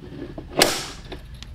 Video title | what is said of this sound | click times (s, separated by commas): 💥EW-M34 Unboxing & Setup Video | Clicks right into place. | 0.6 s